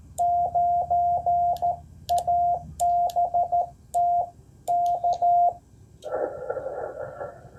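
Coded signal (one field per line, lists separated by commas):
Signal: Morse code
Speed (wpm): 13 wpm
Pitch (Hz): 700 Hz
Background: none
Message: 9ABT K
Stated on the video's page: CW Parks on the Air activation, 5 watts from an IC-703+ on two HF bands, antenna raised on a SpiderBeams mast.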